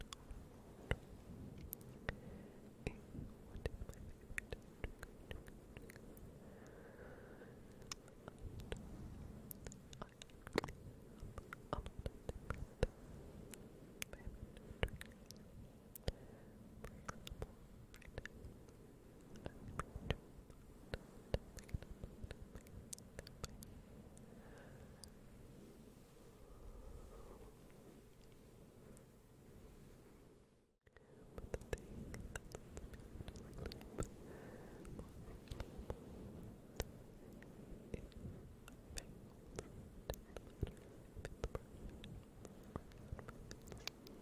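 Close-up whispering, soft and unintelligible, with a steady low hiss underneath and frequent small clicks and mouth sounds scattered throughout. The sound cuts out briefly at around 31 seconds, then resumes with the same dense, crackly texture until the end.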